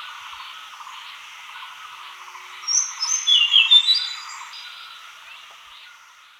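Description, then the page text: Hainan blue flycatcher singing one brief bright warbling phrase midway, over steady background noise. "Hainan Blue Flycatcher Song. Quick Sounds"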